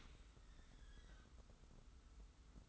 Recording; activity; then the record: daily activity, microphone in the room; open dishwasher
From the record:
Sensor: 3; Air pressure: 991.3 hPa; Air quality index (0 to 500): 139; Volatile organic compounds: 278 ppm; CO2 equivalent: 4431 ppm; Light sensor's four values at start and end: 54/145/59/52 and 54/145/59/52